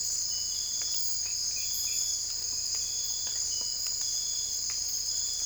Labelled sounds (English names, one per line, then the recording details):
none
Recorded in secondary vegetation near Puerto Asís, Putumayo, Colombia, on 20 December 2024 at 03:00
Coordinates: 0.481, -76.318
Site G042